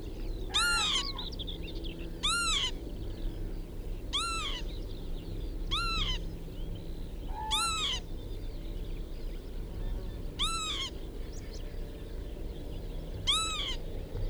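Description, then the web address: Northern lapwing calls, harsh arched wails sounding seven times at uneven gaps. "vogelstimmen kiebitz karl-heinzfrommolt deutsches tierstimmenarchiv"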